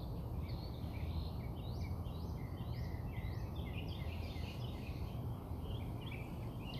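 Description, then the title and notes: Bird song: repeated high, sharply rising and falling notes, with constant low rumbling noise beneath. Birds singing outside the recordist's house. "Bird Songs Part Two. More bird songs outside my house"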